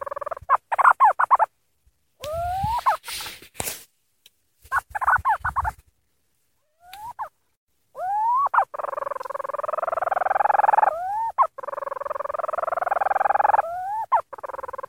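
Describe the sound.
Bird calls: rapid bursts of notes, rising yelps, and a long sustained harmonic wail with short rising notes breaking through it.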